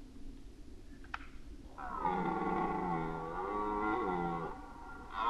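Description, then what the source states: Red deer giving one sustained, rich harmonic roar lasting nearly three seconds with a wavering, dipping pitch, after a faint click, and another roar starting at the very end. Red deer roaring during the rut, 2011.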